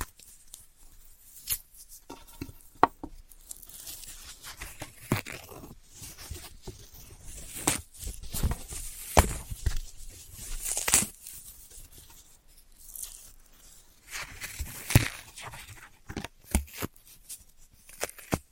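Floral foam being cut and crushed, with dry crackling, tearing and scraping sounds coming in irregular bursts. Sharp clicks and taps punctuate the clip, notably near 1.5, 3, 9 and 15 seconds, with bright hissy crumbling in between and brief quiet gaps.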